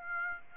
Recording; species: mosquito wingbeat signal from an infrared sensor; Aedes aegypti